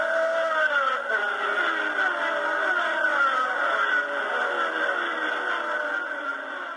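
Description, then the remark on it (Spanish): Six or seven racing cars, bunched tightly together, roar past along the main straight in a dense, continuous engine drone, with overlapping pitches sliding downward as each passes, loud and steady throughout with no voices. “¡Coche a la vista! ¡Ya vienen pegadas 6, 7 máquinas! ¡Escuchen!”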